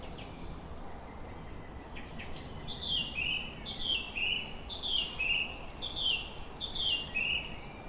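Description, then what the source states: Wood warbler singing: a few ticking notes, then a series of clear descending whistles repeated about once a second, with faint high ticking above. Newly arrived male singing from the canopy of ancient oaks on a still morning on a hill, the lane warmed by the sun.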